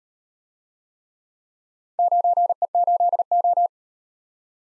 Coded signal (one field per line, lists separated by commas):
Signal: Morse code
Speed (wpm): 36 wpm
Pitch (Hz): 700 Hz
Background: none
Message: 9E8O